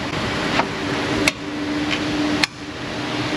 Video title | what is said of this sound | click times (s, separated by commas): A DAY IN THE AUTO REPAIR SHOP 189, FIESTA TRANS ISSUES, DURANGO RADIATOR, BRAKES, NISSAN DIAGNOSE | You have to pop that little fan down and you'll hear the clicks. Locks it in place. | 1.3 s, 2.4 s